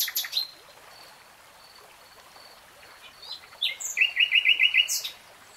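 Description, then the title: Nightingale song: a brief high burst, a quiet pause, then a quick run of short sweeping notes near the end. Singing in real time. "[Tiếng chim hót] Nightingale Singing"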